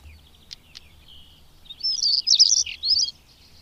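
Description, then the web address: European stonechat: two sharp clicks, then a rapid scratchy warble of high jumbled notes lasting over a second. "Madardalok Cigánycsuk"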